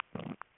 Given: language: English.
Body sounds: throat vibration sensor signal played as sound; swallow

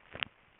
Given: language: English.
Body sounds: throat vibration sensor signal played as sound; swallow

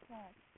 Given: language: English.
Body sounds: throat vibration sensor signal played as sound; speech

